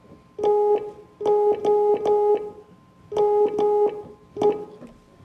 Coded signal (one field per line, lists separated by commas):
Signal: Morse code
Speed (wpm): 14 wpm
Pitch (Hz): 420 Hz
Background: music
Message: TO ME